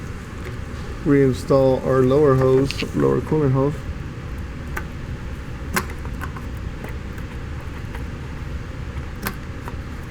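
On a Mercedes S63 AMG 5.5L W222 4MATIC, the lower cooling hose is pushed back onto its lower radiator coolant hose fitting and the spring clamp is released onto it, then pulled to check. Someone talks at the start, followed by a few short, sharp metallic clicks and taps over a steady background hum. Nothing has seated: the clamp is not in the right position on the hose.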